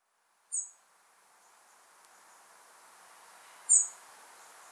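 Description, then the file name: European robin uttering two brief, piercing high calls roughly three seconds apart against soft, slowly rising background noise. "Erithacus rubecula"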